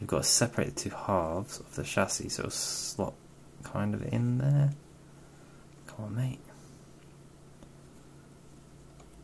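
Someone talks while spreading the two halves of the plastic chassis of a Graham Farish Class 37 DCC model locomotive, a non-runner being fixed, to work the bogie pin into place. Only speech and faint handling sounds are heard, and nothing has seated or clicked yet.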